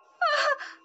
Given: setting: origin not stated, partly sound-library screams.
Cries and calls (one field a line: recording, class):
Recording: one-second piece from a danger detection set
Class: woman in danger